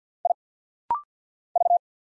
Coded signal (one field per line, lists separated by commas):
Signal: Morse code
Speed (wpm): 48 wpm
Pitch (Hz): 700 Hz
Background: none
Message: I V